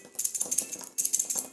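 The tongue of a cast 10K gold box lock, cast so the maker can produce it quickly, is pushed into the clasp box of a Cuban link bracelet. It snaps shut with a sharp metallic click at 0.2 s, followed by a run of bright, light metallic ticks and rattles. The clasp seats with a good snap.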